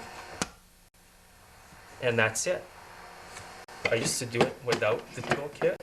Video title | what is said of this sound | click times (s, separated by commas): HOW TO REMOVE The Starter Gear From Your Tecumseh Snowblower Electric Starter | push down till you hear click clip into the ear and that's it | 0.4 s